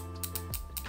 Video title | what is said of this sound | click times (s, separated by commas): Review - Mont Blanc BOA - 200 Mile Ultramarathon (4k) | you'll hear little clicks knowing that it's locking in place | 0.2 s, 0.4 s, 0.5 s, 0.8 s